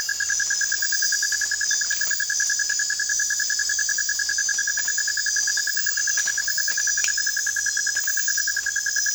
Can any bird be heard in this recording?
no